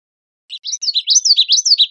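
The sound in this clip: Common yellowthroat song: a rapid run of repeated high, swooping phrases that grow louder and continue steadily, with a clean background.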